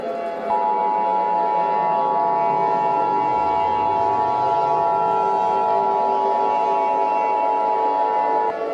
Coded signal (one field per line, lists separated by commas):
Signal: Emergency Alert System (SAME) tones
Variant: 853 and 960 Hz attention tone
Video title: EAS Scenario - Titan Kitty 2: Vengeance | (Ft. SPCEastCoast1559)